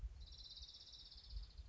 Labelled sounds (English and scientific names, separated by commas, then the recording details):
Orange-crowned Warbler (Leiothlypis celata)
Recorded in Sonoma County, California